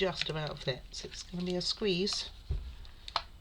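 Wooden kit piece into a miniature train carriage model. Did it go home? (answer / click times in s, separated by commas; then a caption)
yes / 3.1 s, 3.2 s. A tight-fitting wooden kit piece is squeezed into a miniature train carriage model from a wood and paper model kit while someone talks. Sharp clicks at 3.1 s and 3.2 s mark the piece seating into place.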